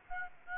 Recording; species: mosquito wingbeat signal from an infrared sensor; Aedes aegypti